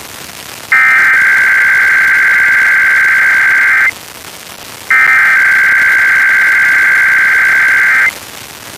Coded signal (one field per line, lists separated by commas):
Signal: Emergency Alert System (SAME) tones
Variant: header bursts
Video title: IPAWS Weekly Test (1/17/22)(EAS 1051)